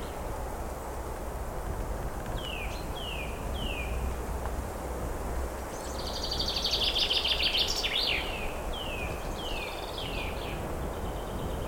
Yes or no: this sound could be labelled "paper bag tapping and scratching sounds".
no